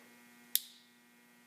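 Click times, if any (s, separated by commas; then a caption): 0.6 s. During reassembly of a Glock 23, the firing pin plunger is pushed down and the metal slide cover plate is slid fully onto the pistol slide. A single sharp, loud snap at 0.6 s rises over a steady low electrical hum and fades quickly. The cover plate clicks home and is seated.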